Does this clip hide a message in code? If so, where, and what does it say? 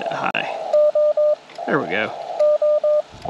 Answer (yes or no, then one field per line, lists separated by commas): no